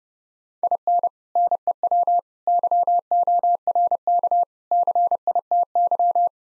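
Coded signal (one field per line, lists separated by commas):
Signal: Morse code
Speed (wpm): 36 wpm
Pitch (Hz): 700 Hz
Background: none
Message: IN NEW YORK CITY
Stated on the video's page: Morse practice of four-word sets in speed-racing format, starting fast and slowing to a 30 wpm base, top speed 1.5 times base, final repeat at maximum speed.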